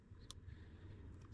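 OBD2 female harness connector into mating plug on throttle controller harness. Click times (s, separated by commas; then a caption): 0.3 s. An OBD2 female harness connector is pushed onto the mating plug on a PedalMonster throttle controller harness for a 2020 Nissan Titan Pro4X, with its tabs and tang lined up. A sharp click is heard at 0.3 s over a steady low hum, and the connector seats.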